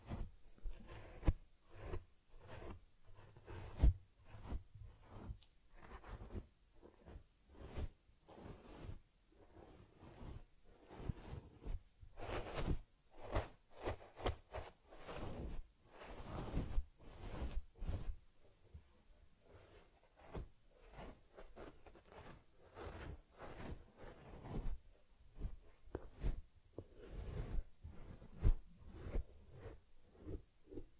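Brushing and rubbing on a teddy bear's fur, with quick, irregular scratchy strokes coming in dense bursts throughout and brief quiet gaps.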